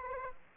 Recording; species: mosquito wingbeat signal from an infrared sensor; Aedes aegypti